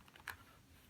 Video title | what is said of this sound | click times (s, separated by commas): What's in my Bowling Bag? - Bowling Balls + Gear | click that means it's in | 0.3 s